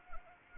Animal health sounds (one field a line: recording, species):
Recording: mosquito wingbeat signal from an infrared sensor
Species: Anopheles arabiensis